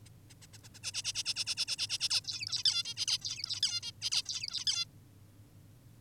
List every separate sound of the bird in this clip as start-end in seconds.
0.05-0.09, 0.30-0.34, 0.42-0.46, 0.53-0.58, 0.64-0.68, 0.74-0.79, 0.84-0.92, 0.94-1.02, 1.04-1.13, 1.15-1.23, 1.26-1.34, 1.36-1.45, 1.47-1.55, 1.57-1.66, 1.68-1.76, 1.78-1.87, 1.90-1.98, 2.00-2.09, 2.10-2.21, 2.25-2.63, 2.65-2.83, 2.85-2.94, 2.97-3.06, 3.08-3.18, 3.22-3.61, 3.63-3.80, 3.83-3.92, 4.02-4.10, 4.12-4.23, 4.26-4.65, 4.67-4.85